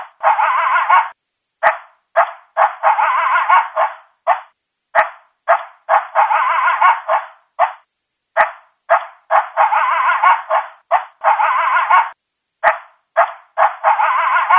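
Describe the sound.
Coyote giving many short, harsh barking bursts in irregular runs separated by short gaps, with faint clicks.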